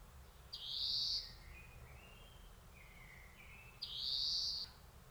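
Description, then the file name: European greenfinch producing two drawn-out, buzzy wheezes about three seconds apart, with faint thin whistled notes between them. "Chloris chloris"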